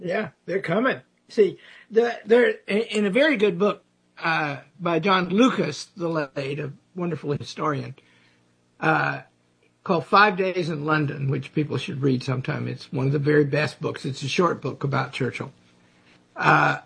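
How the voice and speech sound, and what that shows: A man talks fluently about a short history book on Churchill, with brief natural pauses; ordinary speech.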